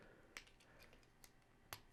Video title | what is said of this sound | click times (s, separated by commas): Transformers Jurassic Park Crossover JP12 and Dilophocon Review | there we go facing forward they were just clicked into place | 0.4 s, 1.7 s